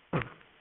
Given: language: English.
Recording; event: throat vibration sensor signal played as sound; cough